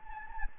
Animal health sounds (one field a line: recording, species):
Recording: mosquito wingbeat signal from an infrared sensor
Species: Anopheles gambiae